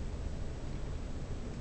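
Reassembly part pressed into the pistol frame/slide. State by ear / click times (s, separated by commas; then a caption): not seated / none. A pistol part, twisted into position, is pressed down by finger into the frame/slide during reassembly of a Springfield GI Model pistol. Only a steady, broadband low rustling handling noise is heard, with no distinct click. Nothing has seated yet; the part is not yet home.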